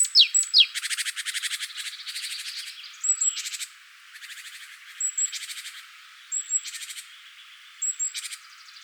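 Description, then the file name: Great tit harsh churring rattles, a long run at first and then several shorter bursts, each often led by a thin high whistle. "Parus major"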